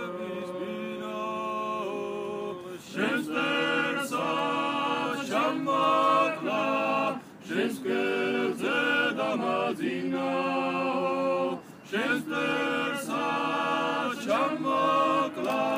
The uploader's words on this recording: Kartlis Deda, the Mother of Georgia in Tbilisi. A throaty tenor danced across the inky night, joined moments later by a chorus of lighter voices. The disembodied voices echoed across the cool night. I sat on the ledge and listened to them sing, their peaceful melodies flowing around me like a warm hug to insulate against the chilly hint of winter in the air.